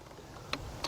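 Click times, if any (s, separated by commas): 0.5 s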